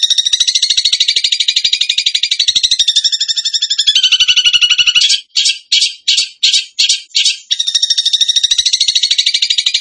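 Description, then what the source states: Bird song: a rich, fast trill sliding lower in pitch, then a string of clipped staccato bursts, then a return to a smooth rapid trill. Masteran training recording in the tembakan gacor style.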